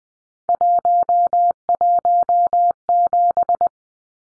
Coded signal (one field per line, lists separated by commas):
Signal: Morse code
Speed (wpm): 20 wpm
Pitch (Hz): 700 Hz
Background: none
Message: 117